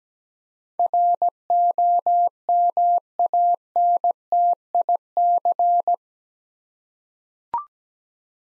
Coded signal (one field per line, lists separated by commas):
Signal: Morse code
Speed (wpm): 17 wpm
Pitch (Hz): 700 Hz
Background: none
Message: ROMANTIC